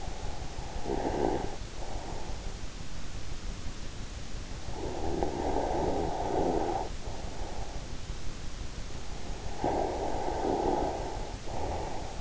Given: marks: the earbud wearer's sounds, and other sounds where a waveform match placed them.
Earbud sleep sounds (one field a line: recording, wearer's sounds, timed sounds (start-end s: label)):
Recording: sounds in sleep by an in-ear microphone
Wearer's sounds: snoring breath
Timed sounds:
0.00-2.14 s: snoring breath
4.74-7.73 s: snoring breath
9.55-12.21 s: snoring breath